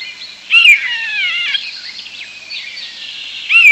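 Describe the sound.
European starling song: loud descending whistles and slurred notes over a steady bed of squeaky, rattling chatter, with a second bright whistle near the end.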